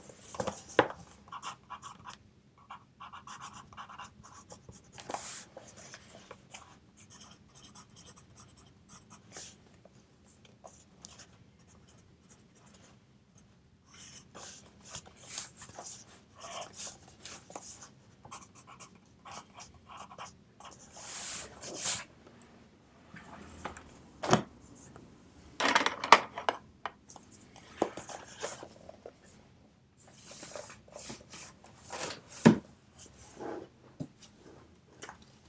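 Pencil scratches across paper in irregular bursts of writing, with brief pauses, over a steady low hiss and occasional sharper taps.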